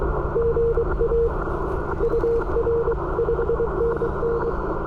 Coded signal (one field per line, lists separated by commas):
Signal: Morse code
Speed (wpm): 20 wpm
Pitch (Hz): 500 Hz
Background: none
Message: GA UR 5NN